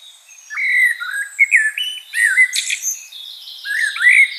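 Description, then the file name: Common blackbird singing low, mellow warbling phrases with sliding notes, broken by a brief scratchy high flourish. "Turdus merula"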